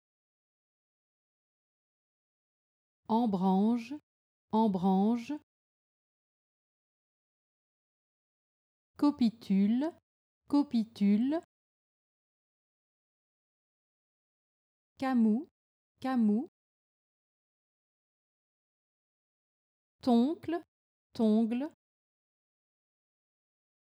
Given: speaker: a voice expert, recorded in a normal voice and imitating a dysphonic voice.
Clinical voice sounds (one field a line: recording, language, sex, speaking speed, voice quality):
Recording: pseudo-word pairs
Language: French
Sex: female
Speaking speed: normal speed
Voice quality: normal voice